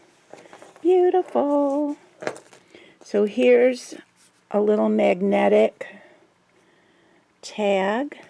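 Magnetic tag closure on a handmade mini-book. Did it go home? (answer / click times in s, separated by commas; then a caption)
no / none. A small magnetic tag closure on a handmade paper mini-book is handled while someone talks, with only faint soft handling sounds between the words. Nothing has clicked shut onto its magnet yet.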